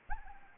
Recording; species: mosquito wingbeat signal from an infrared sensor; Anopheles arabiensis